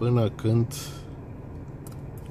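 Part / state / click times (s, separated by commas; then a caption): microSD card into rear-view mirror dashcam slot / seated / 1.9 s. A microSD card is pushed, metal contacts facing outward, into the card slot of a NAVITEL MR250 rear-view mirror dashcam until it latches. Someone talks briefly at the start, then under low background noise a short click sounds at 1.9 s as the card seats, followed by a fainter tick around 2.2 s.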